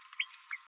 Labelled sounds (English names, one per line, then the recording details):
Green-rumped Parrotlet babbling
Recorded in a nest box in Venezuela
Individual 18B12A1